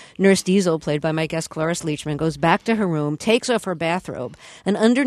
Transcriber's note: none